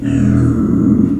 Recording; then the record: squeal of a Yucatan mini pig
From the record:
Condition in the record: after surgery on the right vocal fold (resection and tissue-engineered implant); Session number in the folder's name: 6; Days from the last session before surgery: 40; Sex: female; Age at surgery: 19 weeks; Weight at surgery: 25 kg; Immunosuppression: prednisolone